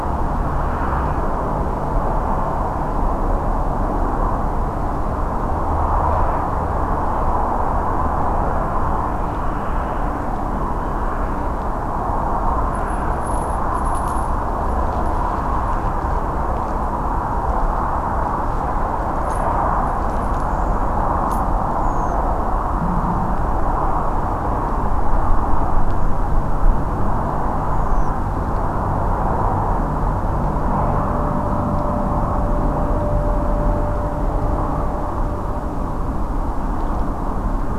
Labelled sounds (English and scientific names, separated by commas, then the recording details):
Redwing (Turdus iliacus)
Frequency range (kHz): Redwing (Turdus iliacus) 5.0-7.3 kHz
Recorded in France